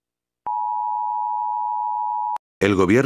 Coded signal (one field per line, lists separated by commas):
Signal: Emergency Alert System (SAME) tones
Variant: 853 and 960 Hz attention tone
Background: speech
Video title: Misiles nucleares en Chile | EAS Scenario